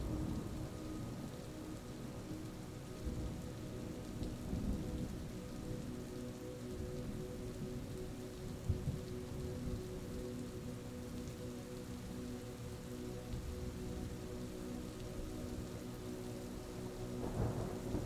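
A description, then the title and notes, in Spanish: Steady rain patters densely over soft, sustained low tones of gentle music, with faint rumbles of thunder and a brighter swell near the end. El Ruido de la TORMENTA y la MÚSICA Tranquila. Los sonidos naturales de una tormenta rejuvenecedora se mezclan con melodías suaves y relajantes.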